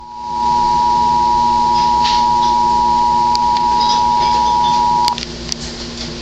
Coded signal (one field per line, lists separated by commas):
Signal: Emergency Alert System (SAME) tones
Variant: 853 and 960 Hz attention tone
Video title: Silver alert in AZ from WDFA (virtual eas #1)